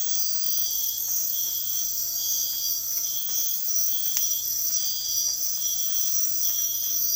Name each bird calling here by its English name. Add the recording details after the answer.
none. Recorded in dense forest near Puerto Asís, Putumayo, Colombia, on 19 February 2024 at 05:00. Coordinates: 0.496, -76.326. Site G6383